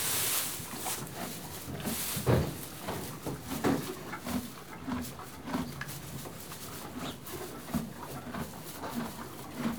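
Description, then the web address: Horse munching with uneven, crunching bites, mixed with rustling and a couple of loud thumps and scraping noises as it shifts. One horse eating hay and moving. "BBC Sound Effects Library Horses One horse eating hay, and moving"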